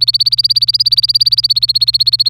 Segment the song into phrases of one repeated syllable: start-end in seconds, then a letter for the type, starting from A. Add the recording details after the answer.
0.00-2.29 A. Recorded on 26 April 2018 at 08:37. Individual llb3